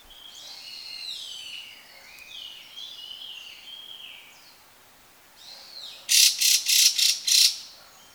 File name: gabicho